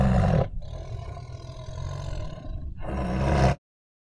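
Tiger giving a continuous deep, grating growl, loud at the start, quieter in the middle and louder again near the end before stopping abruptly.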